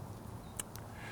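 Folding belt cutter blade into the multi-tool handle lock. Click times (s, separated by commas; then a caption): 0.6 s. The belt cutter blade on a SOG ParaShears medical shears multi-tool is folded out from the side of the metal handle and locks into place with a sharp click at 0.6 s. A fainter tick follows at about 0.8 s over a steady low hum, and the blade is seated open.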